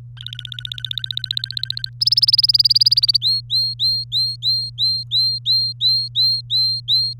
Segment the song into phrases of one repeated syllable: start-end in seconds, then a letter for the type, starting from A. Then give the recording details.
0.17-1.90 A, 2.01-3.17 B, 3.21-7.13 C. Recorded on 24 April 2018 at 13:42. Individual llb3